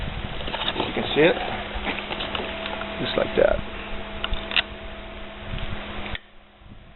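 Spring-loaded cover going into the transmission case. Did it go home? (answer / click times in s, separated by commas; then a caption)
yes / 4.2 s, 4.6 s. During a 700R4 transmission rebuild, a spring-loaded metal cover is turned into place in the transmission case with a spanner wrench while someone talks. Sharp pops at 4.2 and 4.6 seconds mark the spring going into place, and the cover is seated.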